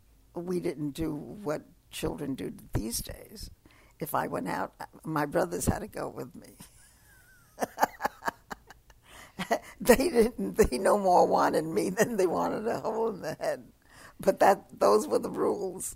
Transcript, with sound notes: We didn't do what children do these days. If I went out, my brothers had to go with me. ( she laughs ) They didn't, they no more wanted me than they wanted a hole in the head, but those were the rules.